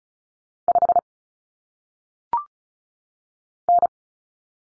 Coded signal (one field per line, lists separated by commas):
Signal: Morse code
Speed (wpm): 36 wpm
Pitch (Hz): 700 Hz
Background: none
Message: 5 N